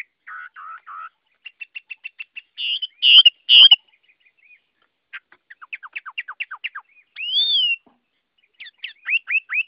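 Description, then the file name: Chinese hwamei singing mixed phrases: buzzy notes, repeated ticks, harsh loud bursts, a run of falling slurs, and a rising-falling whistle. Hwamei singing in the Vietnamese wild-voice style (giọng rừng). "Tieng hoa mi hot giong rung"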